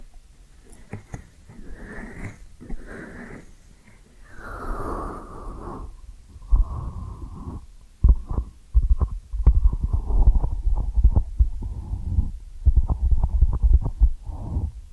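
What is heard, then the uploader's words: Muffled ear-cleaning sounds: soft scratching and rubbing swells through the first six seconds, with brushy hisses peaking near two and five seconds. After that come dense, quick clicks and pops in short bursts, deep thuds underneath. ASMR 10 Sleep Inducing Ear Cleaning Triggers with 3D Brain Penetration (No Talking).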